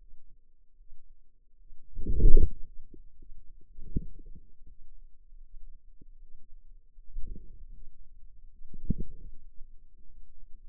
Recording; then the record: forearm muscle sounds (acoustic myography)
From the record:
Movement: inward rotation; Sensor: system 2, bracelet of six BSWA MPA416 microphones around the upper forearm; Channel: 2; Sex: female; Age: 23 years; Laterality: right